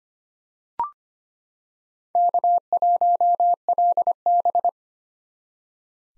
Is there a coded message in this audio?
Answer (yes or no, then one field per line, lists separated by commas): yes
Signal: Morse code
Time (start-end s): 2.2-4.7 s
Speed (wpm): 25 wpm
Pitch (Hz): 700 Hz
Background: none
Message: K1LB